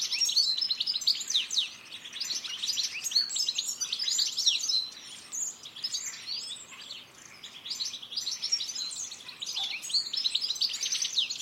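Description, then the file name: European goldfinch twittering calls, a dense run of quick high tinkling and buzzy notes, overlapping almost without pause, with a brief lull midway. "Carduelis carduelis"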